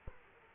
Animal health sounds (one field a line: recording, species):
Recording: mosquito wingbeat signal from an infrared sensor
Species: Aedes aegypti